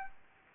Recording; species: mosquito wingbeat signal from an infrared sensor; Aedes aegypti